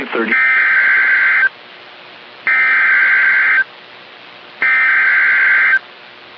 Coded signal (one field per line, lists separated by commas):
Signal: Emergency Alert System (SAME) tones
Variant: header bursts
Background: speech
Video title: Severe Thunderstorm Watch | EAS #465